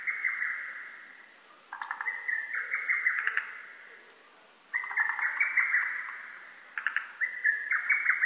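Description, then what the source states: Lesser cuckoo song: long chattering phrases of quick notes, sometimes running together, with short gaps, interrupted by a few lower clipped notes. Recorded on 12 June 2010.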